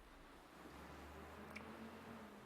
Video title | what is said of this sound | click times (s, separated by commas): Creating a professional Superseal plug-in connection [application] | until it snaps in. | 1.6 s